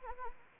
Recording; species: mosquito wingbeat signal from an infrared sensor; Anopheles arabiensis